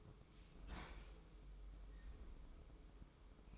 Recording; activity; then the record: daily activity, microphone in the room; open fridge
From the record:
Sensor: 1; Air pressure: 995.3 hPa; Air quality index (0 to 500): 25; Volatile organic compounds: 1 ppm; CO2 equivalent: 508 ppm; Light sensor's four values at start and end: 18/60/22/24 and 18/59/22/24